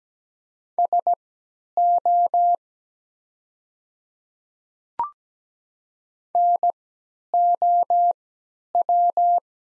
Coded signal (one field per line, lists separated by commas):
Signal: Morse code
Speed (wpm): 17 wpm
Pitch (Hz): 700 Hz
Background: none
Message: SO NOW